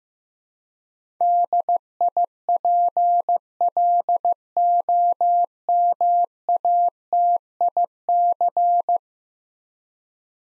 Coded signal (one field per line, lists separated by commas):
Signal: Morse code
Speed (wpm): 15 wpm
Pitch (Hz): 700 Hz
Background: none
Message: DIPLOMATIC